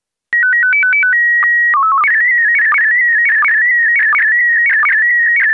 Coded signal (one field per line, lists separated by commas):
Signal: SSTV (slow-scan television)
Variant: PD 90